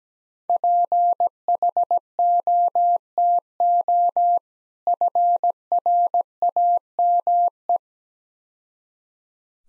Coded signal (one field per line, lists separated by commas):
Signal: Morse code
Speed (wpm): 19 wpm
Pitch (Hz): 700 Hz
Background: none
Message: PHOTO FRAME